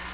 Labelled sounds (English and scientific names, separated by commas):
Black-throated Green Warbler (Setophaga virens) flight call